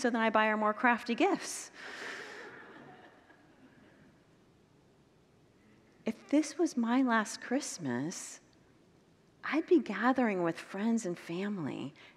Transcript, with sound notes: And so, then I buy our more crafty gifts! [Congregants laugh] If this was my last Christmas, I’d be gathering with friends and family.